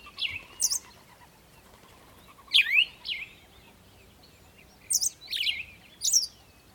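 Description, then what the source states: Birds chirp in clipped, high bursts, with quiet stretches between the groups. Birds singing in the morning.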